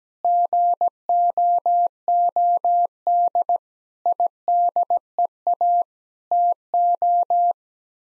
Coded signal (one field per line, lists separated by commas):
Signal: Morse code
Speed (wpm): 17 wpm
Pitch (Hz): 700 Hz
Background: none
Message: GOOD IDEA TO